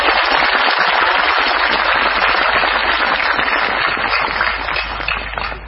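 crowd, audience applauding loudly

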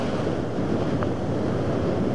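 nature, ocean waves crashing

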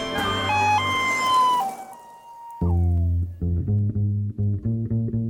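vehicle, ambulance siren

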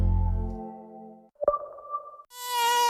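insect, mosquito buzzing

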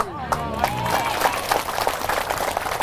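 crowd, audience applause

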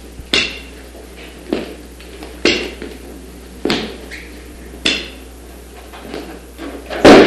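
household object, door being opened

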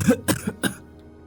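human body sound, dry coughing

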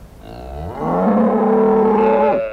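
animal, cows mooing

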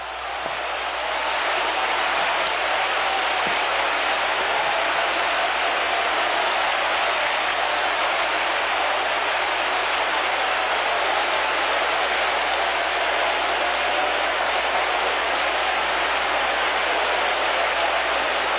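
crowd, audience applauding

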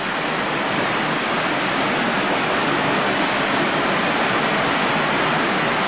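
ambience, water rushing

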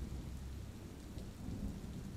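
nature, heavy rain with thunder

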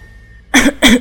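human body sound, a fit of coughing

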